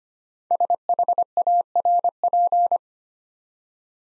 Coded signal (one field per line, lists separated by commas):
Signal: Morse code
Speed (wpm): 25 wpm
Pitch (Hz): 700 Hz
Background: none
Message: SHARP